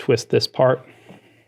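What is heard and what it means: A steering axle and gear part for the pedal drive steering assembly of a MirageDrive 360 is being handled during a steering system replacement, with the part about to be twisted by thumb to lock into place. Someone talks briefly, followed by a faint, low handling sound near 1.1 seconds. Nothing has seated or clicked yet.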